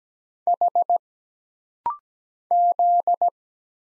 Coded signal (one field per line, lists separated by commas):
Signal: Morse code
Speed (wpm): 17 wpm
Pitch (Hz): 700 Hz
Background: none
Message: H Z